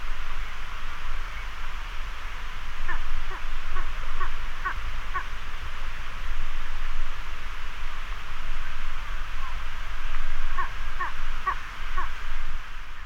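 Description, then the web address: Spanish imperial eagle calls in two bursts of rapid hoarse barks, separated by a quiet stretch, against continuous low rumbling noise. "Spaanse keizerarend Aquila adalberti"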